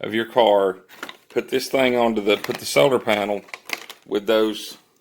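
A plastic suction-cup window mount is handled against the holes on the back of a small solar panel while someone talks throughout. The mount has not snapped into the panel back yet; nothing has seated or clicked.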